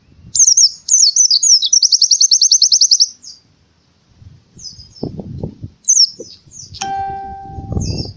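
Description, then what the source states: Canary delivers a twittering run and a quick, regular trill, then brief chirped fragments; a humming tone and low clattering noise enter near the end. Song intended as a master for training other birds.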